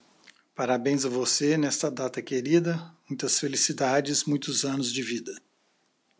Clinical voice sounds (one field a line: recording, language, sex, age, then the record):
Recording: short text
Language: Brazilian Portuguese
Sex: male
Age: 60 to 69 years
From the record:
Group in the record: control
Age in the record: 63 years